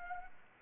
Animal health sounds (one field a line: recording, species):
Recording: mosquito wingbeat signal from an infrared sensor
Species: Anopheles arabiensis